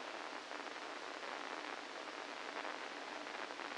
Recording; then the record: brain microelectrode recording played as sound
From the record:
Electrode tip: inside the subthalamic nucleus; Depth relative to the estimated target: -3 mm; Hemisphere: right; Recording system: NeuroSet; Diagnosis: Parkinson's disease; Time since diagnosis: 8 years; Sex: male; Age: 65 years